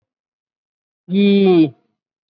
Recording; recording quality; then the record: sustained vowel as in beet; excellent, no background noise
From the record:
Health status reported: COVID-19 positive, mild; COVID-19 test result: positive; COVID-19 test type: RT-PCR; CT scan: not taken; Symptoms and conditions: cough, cold, breathing difficulty, fever, fatigue, hypertension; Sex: female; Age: 68 years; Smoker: no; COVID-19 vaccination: one dose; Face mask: not worn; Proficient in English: no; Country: India